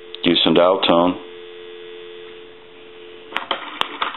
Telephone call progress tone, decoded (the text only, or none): dial tone